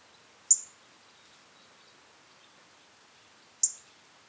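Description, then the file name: European robin calls, two single sharp high ticks about three seconds apart, with near silence between them. "Erithacus rubecula"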